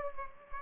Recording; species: mosquito wingbeat signal from an infrared sensor; Aedes aegypti